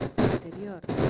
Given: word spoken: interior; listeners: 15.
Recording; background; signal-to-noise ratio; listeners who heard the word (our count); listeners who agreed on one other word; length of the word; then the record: one Spanish word in noise, from a listening test; noise modulated by one talker; -11.2 dB; 4 of 15; 10 of 15; 0.70 s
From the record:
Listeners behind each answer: 10, 4, 1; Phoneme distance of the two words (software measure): 10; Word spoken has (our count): 3 syllables, 8 phonemes, stress on syllable 3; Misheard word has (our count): 3 syllables, 8 phonemes, stress on syllable 3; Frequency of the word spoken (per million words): 204.49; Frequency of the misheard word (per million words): 185.56